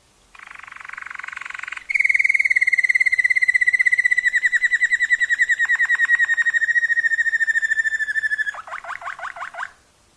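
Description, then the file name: Waterslager canary song: a long, slowly falling rolled trill lasting over six seconds, opening with a buzzy phrase and ending in rapid clicking notes. Song variations. "kenari waterslager variasi omkicau"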